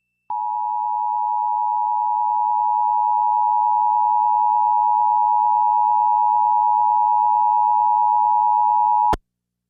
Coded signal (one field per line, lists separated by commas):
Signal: Emergency Alert System (SAME) tones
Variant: 853 and 960 Hz attention tone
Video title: Washington D.C. EAS: Required Monthly Test (11/22/23)